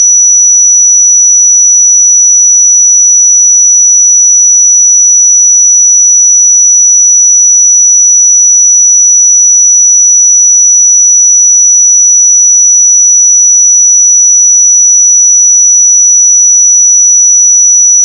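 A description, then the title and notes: A pure sine tone at 5897 Hz sounds as a single thin, bright whistle. It holds perfectly steady at one pitch and one loudness for the whole eighteen seconds, with no breaks, wavering or background sound. 5897 Hz 1 Hz Interval Sine Pure Tone Frequency 441000 Sample Mono.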